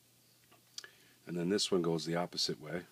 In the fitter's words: we'll pop that one out.